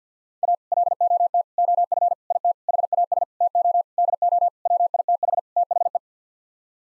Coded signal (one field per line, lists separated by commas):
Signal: Morse code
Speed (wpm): 50 wpm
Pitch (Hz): 700 Hz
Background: none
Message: A LOT OF IT HAS TO DO WITH THE